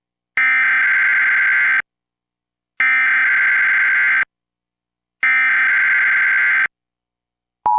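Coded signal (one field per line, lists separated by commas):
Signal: Emergency Alert System (SAME) tones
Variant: header bursts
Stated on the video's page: Required Monthly Test captured on Xfinity cable, Xfinity X1, a Trilithic EASyPLUS unit and several broadcast television stations.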